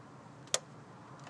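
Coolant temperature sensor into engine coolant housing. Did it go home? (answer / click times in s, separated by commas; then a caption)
yes / 0.5 s. A coolant/fan temperature sensor on a BMW E65/E66 is pushed down into its coolant housing on the engine. A single sharp little pop is heard at 0.5 s against a quiet background, and the sensor is seated in the housing.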